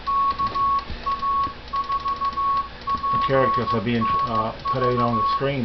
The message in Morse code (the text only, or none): KA4PNV